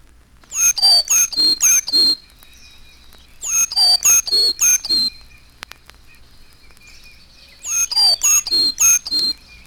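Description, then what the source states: Carolina chickadee calling, three bursts of about six rapid, high notes each, spaced a few seconds apart, with faint thin tones between them. Original six-note call used, after tape transformation, to introduce the first movement of a bird-song symphony; it reappears mid-movement and at its close.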